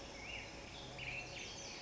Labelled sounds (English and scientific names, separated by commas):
Black-headed Grosbeak (Pheucticus melanocephalus)